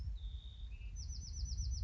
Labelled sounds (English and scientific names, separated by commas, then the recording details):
Bewick's Wren (Thryomanes bewickii)
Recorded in Sonoma County, California